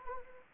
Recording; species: mosquito wingbeat signal from an infrared sensor; Anopheles arabiensis